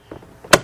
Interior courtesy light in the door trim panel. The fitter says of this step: then it'll snap right into place just like that all right the next thing we're going to do